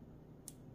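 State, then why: Released. A plastic Nintendo Switch game card is gently pushed down into the handheld console's card slot until it clicks, then let go so it springs up for removal. A single short, sharp click sounds at 0.5 s over a steady low background noise. The card is released.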